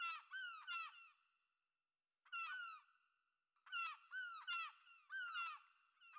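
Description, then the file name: Gull calls: strident, slurred yelps in clusters separated by pauses of about a second, then a burst of several loud cries. "Seagull"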